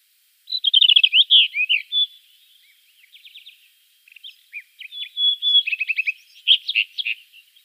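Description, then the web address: Rufous-tailed rock thrush song with a loud opening burst of rapid trilled notes, a quieter scratchy middle section, then another varied phrase of whistles and warbles. "Schulze Peter Rufous-tailed Rock-Thrush song"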